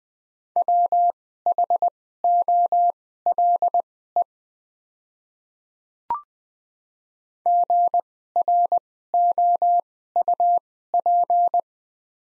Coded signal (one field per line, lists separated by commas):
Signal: Morse code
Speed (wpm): 20 wpm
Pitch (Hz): 700 Hz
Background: none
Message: WHOLE GROUP